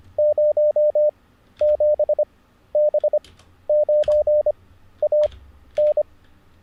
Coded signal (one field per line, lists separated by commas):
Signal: Morse code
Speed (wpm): 25 wpm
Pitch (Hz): 600 Hz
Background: radio noise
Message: 07B9AN